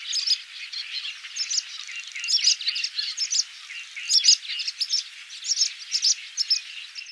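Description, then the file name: Barn swallow twittering: continuous high chirps and chatter, notes overlapping with no clear pauses. "Hirondelle rustique"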